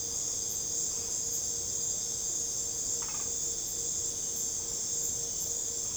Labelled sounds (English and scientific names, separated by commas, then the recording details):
none
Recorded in secondary vegetation near Puerto Asís, Putumayo, Colombia, on 26 December 2024 at 22:00
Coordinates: 0.489, -76.322
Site G059